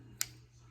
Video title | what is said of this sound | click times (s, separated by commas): Juemel - E-File - Nail Drill - unboxing - Review | now that has a click to know that it's in and | 0.2 s